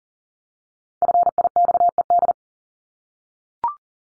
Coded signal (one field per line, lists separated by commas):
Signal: Morse code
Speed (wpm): 40 wpm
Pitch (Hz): 700 Hz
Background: none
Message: FIXED